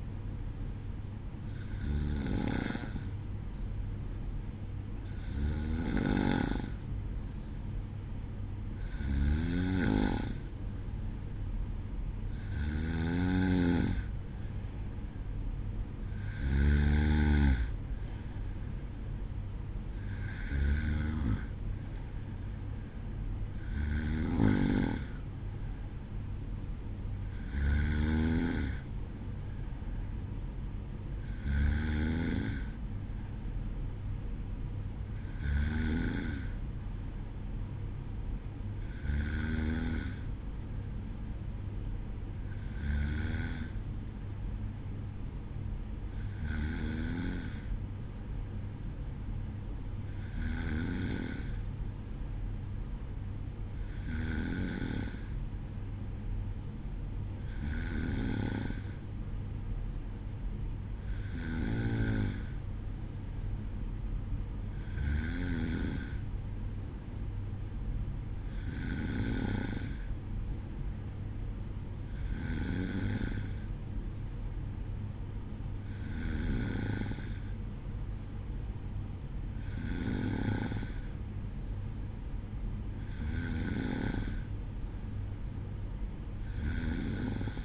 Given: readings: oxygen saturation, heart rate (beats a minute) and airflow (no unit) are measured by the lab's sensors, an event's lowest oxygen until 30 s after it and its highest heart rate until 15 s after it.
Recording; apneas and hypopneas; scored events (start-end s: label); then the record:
breathing in sleep by a smartphone at the bedside; none
none scored
From the record:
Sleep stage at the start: N2 (light sleep); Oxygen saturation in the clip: 93 to 94%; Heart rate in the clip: 51 to 56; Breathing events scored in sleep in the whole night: 305 in 9.6 hours asleep